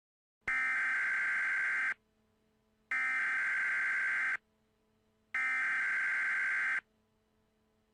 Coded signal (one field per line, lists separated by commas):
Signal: Emergency Alert System (SAME) tones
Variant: header bursts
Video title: EAS Scenario #9 The Disaster of The United States